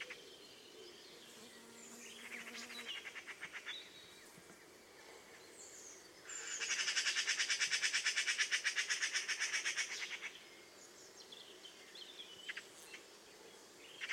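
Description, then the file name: Eurasian magpie harsh chattering rattle, a fast run of rasping notes lasting about four seconds, after a fainter rattle, with other faint calls around it. "Pica pica"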